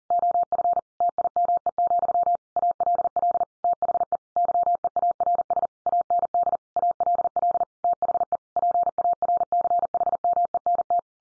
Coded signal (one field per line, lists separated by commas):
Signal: Morse code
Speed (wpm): 40 wpm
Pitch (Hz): 700 Hz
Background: none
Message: OF TIME, ALL THE YEARS AND ALL THE PARCHMENT